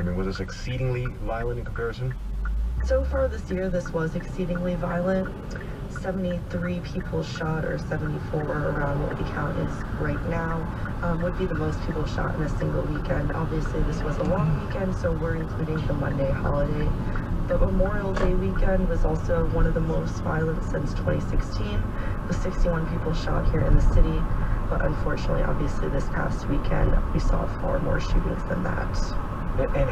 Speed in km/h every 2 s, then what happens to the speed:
0, 0, 0, 15, 19, 21, 21, 19, 23, 27, 31, 34, 39, 40, 42.
0-4 standing. 4-8 pulls away to 19. 8-15 steady at about 19. 15-30 speeds up to 42.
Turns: 11-17.